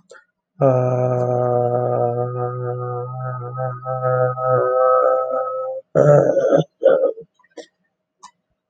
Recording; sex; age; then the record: vowel held as long as possible; male; 30 to 39 years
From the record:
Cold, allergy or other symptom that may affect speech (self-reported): no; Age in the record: 35 years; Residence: Massachusetts, United States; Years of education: 19